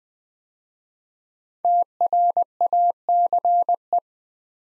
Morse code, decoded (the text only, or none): TRACE